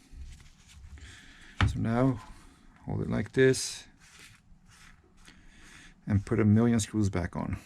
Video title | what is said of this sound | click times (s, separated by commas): How to replace the screen on a Samsung Galaxy Note 5 | you will hear clicking don't be scared so | 1.6 s